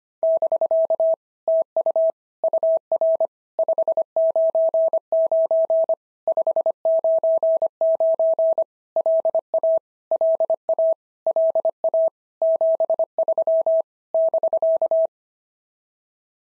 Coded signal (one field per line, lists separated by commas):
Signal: Morse code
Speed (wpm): 25 wpm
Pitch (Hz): 650 Hz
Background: none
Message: <BK> TU UR 599 599 LA LA LA 73 <BK>